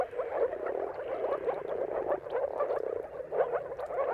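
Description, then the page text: Moor frogs giving soft, bubbling mating calls in short pulsed bursts over a background of more frogs. Chorus of moor frog mating calls at sunrise, at the turn of March and April, timing depending on the weather. "Jakub-Orzecki moor frogs. Dawn’s Chorus: Mating Calls of Marsh Frogs at Sunrise. Depending on the weather at the turn of March and April, you can witness an amazing spectacle of moor frogs"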